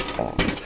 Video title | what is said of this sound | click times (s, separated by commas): Camp Cooking - A Primer on Cooking Outdoors or in a Van | the canister goes from here and just locks in place | 0.4 s